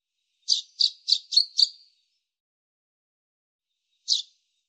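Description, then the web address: Common chaffinch calls, a quick series of five short high sharp notes, then silence and one more similar note after a pause. "Deverinetal 2025 File cleaned normalized Bird Fr Co"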